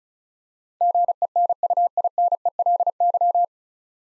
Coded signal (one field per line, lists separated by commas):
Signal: Morse code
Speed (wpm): 36 wpm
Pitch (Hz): 700 Hz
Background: none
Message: GENUINELY